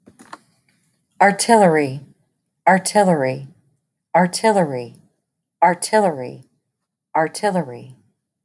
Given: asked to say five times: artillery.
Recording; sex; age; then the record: repeated word; female; 40 to 49 years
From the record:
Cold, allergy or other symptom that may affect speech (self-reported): no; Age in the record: 45 years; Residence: Texas, United States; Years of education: 14